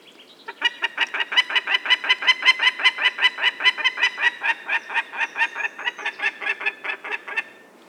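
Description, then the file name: Peregrine falcon calling a long, rapid kek-kek-kek series, many harsh notes run together for nearly seven seconds at a steady, chattering pace. "vandorsolyom hangja"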